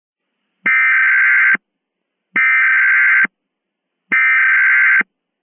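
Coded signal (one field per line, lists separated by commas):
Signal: Emergency Alert System (SAME) tones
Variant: header bursts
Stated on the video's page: Simulated EAS scenario for a lake volcanic eruption, remastered.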